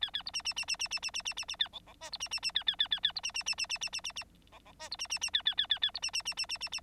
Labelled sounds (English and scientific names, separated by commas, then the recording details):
Bengalese Finch (Lonchura striata domestica) song
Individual Bird9